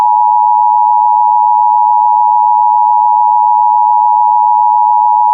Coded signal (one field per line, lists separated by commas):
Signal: Emergency Alert System (SAME) tones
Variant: 853 and 960 Hz attention tone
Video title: (Comcast - Credit to WXRchive) Required Monthly Test EAS 3/19/25 (OH Severe Weather Awareness)